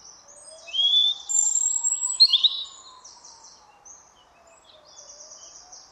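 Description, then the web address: European robin singing a burst of high, tinkling, rapidly changing notes, followed by quieter thin phrases, over a faint low gliding tone throughout. "Deverinetal 2025 File origin Bird Only Er Ru"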